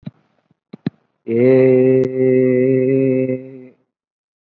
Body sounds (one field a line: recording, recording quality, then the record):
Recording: sustained vowel as in made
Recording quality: excellent, no background noise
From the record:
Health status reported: COVID-19 positive, mild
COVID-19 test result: positive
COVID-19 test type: RT-PCR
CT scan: not taken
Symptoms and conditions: fever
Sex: male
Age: 34 years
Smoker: no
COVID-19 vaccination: one dose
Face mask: not worn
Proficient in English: no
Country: India